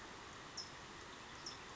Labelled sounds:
California Towhee
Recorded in Sonoma County, California

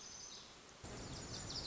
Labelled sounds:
Lazuli Bunting
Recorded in Sonoma County, California

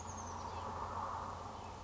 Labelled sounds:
Oak Titmouse
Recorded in Sonoma County, California

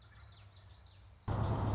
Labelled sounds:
Common Yellowthroat
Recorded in Sonoma County, California

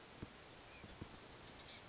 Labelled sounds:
Chestnut-backed Chickadee
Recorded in Sonoma County, California

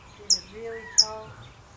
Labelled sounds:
California Towhee
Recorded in Sonoma County, California

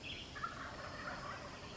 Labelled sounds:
Wild Turkey
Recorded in Sonoma County, California

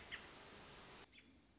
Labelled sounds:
American Robin
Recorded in Sonoma County, California

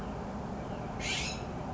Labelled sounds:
California Scrub-Jay
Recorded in Sonoma County, California

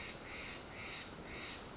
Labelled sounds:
Steller's Jay
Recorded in Sonoma County, California

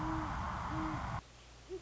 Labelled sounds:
Great Horned Owl
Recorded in Sonoma County, California

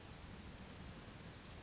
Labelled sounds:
Chestnut-backed Chickadee
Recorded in Sonoma County, California

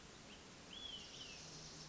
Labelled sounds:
Olive-sided Flycatcher
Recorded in Sonoma County, California

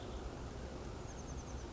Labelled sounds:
Oak Titmouse
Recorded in Sonoma County, California

